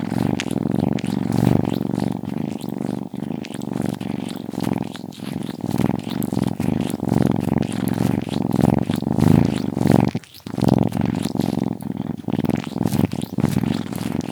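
Cat: kitten purring, a steady low pulsing rumble with wet licking clicks and scrapes throughout, a brief break near the tenth second.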